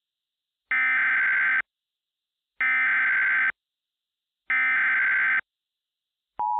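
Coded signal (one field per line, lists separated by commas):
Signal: Emergency Alert System (SAME) tones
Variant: header bursts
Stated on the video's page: Fictional mock-up EAS alert for an imagined what-if scenario in Green Bay, Wisconsin.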